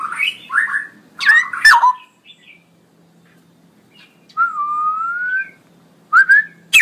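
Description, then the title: Straw-headed bulbul song: loud bubbling whistled phrases with sharp sweeping notes, a long slightly rising whistle in the middle, bursts separated by pauses. Male, singing loudly and energetically with long rolling phrases. "Cucak ROWO Jantan GACOR Suara Lantang ROoo EL Panjang"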